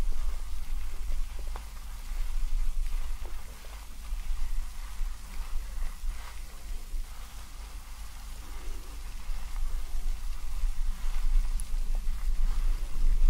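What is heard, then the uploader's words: Steady crackling and rustling of hands working through hair, a dense wet patter almost like light rain. A low rumble sits underneath throughout. The rubbing eases slightly around the middle, then grows fuller toward the end, with a few sharper taps scattered through. ASMR Calming Hair Play Treatment Roleplay scalp massage, hair wash & hair brushing.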